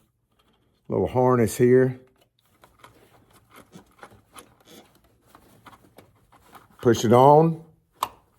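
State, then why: Seated. Someone talks while pushing the bottom electrical harness plug onto the fuel filter housing of a Mercury Pro XS 4-stroke outboard during a fuel filter change. Faint rubbing and small taps follow, then a sharp click at 8.0 s as the connector seats on.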